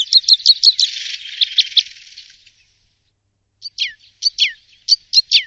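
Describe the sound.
Bird giving rapid high chirps followed by a soft twitter, silence, then spaced, sharply descending squeaky notes.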